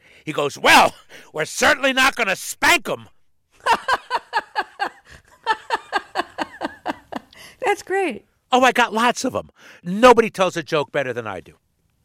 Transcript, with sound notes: He goes, well, we're certainly not going to spank him.
(Laughter) That's great.
Oh, I got lots of them. Nobody tells a joke better than I do.